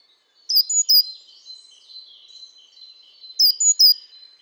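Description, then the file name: Great tit giving two short bursts of high, sharp repeated notes, roughly three seconds apart, with faint soft twitters in between. "Parus major"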